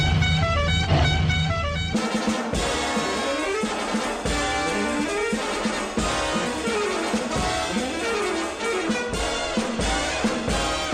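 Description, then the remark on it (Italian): A loud musical car horn, the most famous horn in film history, blares a tune of rising and falling tones, each note bright and brassy, sounding continuously for several seconds without any talking. “È il clacson più famoso nella storia della cinematografia.”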